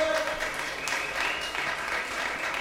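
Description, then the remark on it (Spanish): Steady audience applause after a poem reading, a dense wash of many hands clapping at an even, sustained level for a few seconds, with faint voices mixed in underneath. “Qué lindo, un fuerte aplauso, por favor.”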